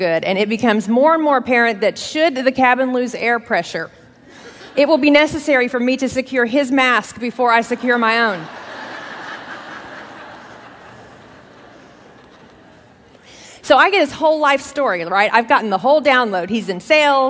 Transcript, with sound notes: It becomes more and more apparent that should the cabin lose air pressure, it will be necessary for me to secure his mask before I secure my own. (laughter) So I get his whole life story, right? I've gotten the whole download. He's in sales.